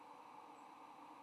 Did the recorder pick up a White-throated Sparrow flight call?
no